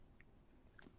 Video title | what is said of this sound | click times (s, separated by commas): 🟢FLATCAP FRIDAYS🟢 Episode 62 | and they kind of Click into place | 0.2 s, 0.8 s